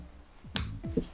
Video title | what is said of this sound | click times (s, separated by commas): DIY Spray Foam Insulation - Cargo Trailer Camper | nozzle pops right in. Nice. | 0.6 s